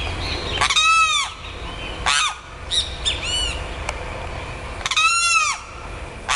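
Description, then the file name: Loud Limpkin wails, harsh and ringing with an arched rise and fall, several strong cries with shorter, quieter notes between, over background hiss. "canto do carao"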